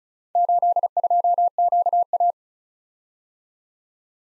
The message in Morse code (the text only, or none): 82QA